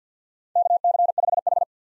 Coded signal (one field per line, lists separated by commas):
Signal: Morse code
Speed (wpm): 50 wpm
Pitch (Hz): 700 Hz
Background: none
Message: KC5H